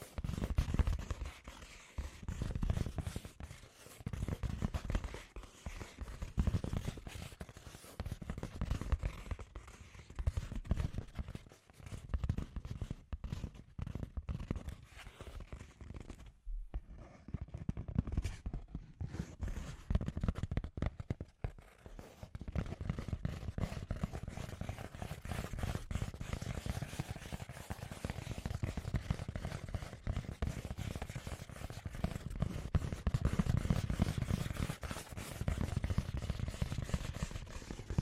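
Scratchy tapping fills the clip, a dense run of quick, irregular clicks and scrapes over a low rumbling thud. The texture stays busy throughout, with a brief near-silent gap around sixteen seconds and a thinner, quieter stretch near twenty-one seconds.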